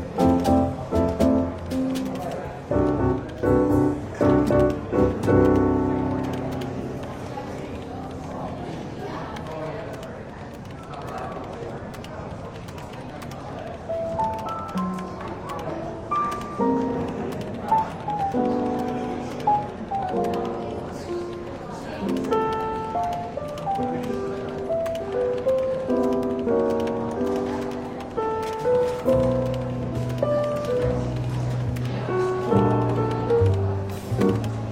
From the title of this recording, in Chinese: 伦敦书店咖啡馆轻微喧闹氛围与柔和轻松的爵士背景音乐